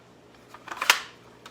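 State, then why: Released. A mandoline's locking blade insert is twisted to unlock it from its plastic frame. A few faint clicks and rattles build up, then a sharp, bright click at 0.9 s marks the blade releasing, followed by a softer tap near 1.5 s.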